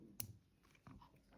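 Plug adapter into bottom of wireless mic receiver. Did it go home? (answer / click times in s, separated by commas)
yes / 0.2 s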